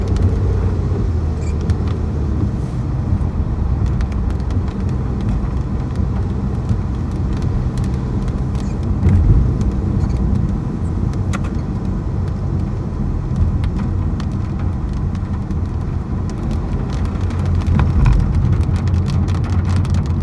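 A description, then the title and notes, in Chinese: Driving home along an elevated expressway in Taipei after an afternoon thunderstorm, heard from inside the car. A steady, dense low rumble of engine and road noise fills the whole stretch, with faint ticks and brief swells around nine and eighteen seconds. 從午後雷雨裡台北市信義國開車走市民高架回家，車跑在雷雨前面，高架橋上雷雨乍然而止。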